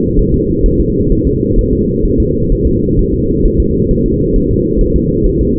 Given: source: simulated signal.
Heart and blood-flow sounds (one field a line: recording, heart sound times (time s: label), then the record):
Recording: fetal heart sounds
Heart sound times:
0.19 s: S1
0.34 s: S2
0.66 s: S1
0.80 s: S2
1.12 s: S1
1.27 s: S2
1.59 s: S1
1.73 s: S2
2.05 s: S1
2.20 s: S2
2.52 s: S1
2.67 s: S2
2.99 s: S1
3.14 s: S2
3.45 s: S1
3.60 s: S2
3.91 s: S1
4.06 s: S2
4.36 s: S1
4.51 s: S2
4.81 s: S1
4.96 s: S2
5.26 s: S1
5.41 s: S2
From the record:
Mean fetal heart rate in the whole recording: 130 bpm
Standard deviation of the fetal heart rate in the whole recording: 4 bpm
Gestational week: 38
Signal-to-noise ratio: -10.2 dB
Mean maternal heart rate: 72 bpm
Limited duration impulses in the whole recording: present